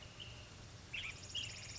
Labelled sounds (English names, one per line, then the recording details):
Ash-throated Flycatcher
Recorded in Sonoma County, California